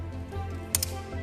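A hinged joint on a folding side-screen frame is pushed into position and locks into place with a sharp click at 0.8 s (0.75 s), followed by a softer second snap at 0.8 s (0.83 s). Steady music plays underneath, and the joint is confirmed seated.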